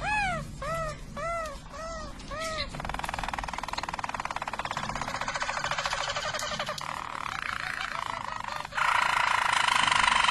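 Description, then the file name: Harz Roller canary starting with clear, repeated arched flute-like notes, then shifting into a long, fast rolling trill that later rises higher. Belgian Harz Roller canary. "canto do canario belga harz roller"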